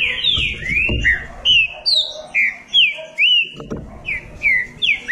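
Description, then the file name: Green-winged saltator song of clear whistled notes, each a rising or falling slur, repeated about twice a second with short gaps; faint low background noise. "canto do trinca ferro"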